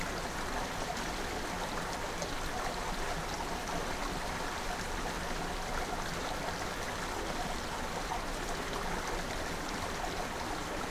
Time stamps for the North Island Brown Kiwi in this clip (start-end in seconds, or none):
none